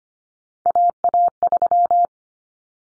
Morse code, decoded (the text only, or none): AA3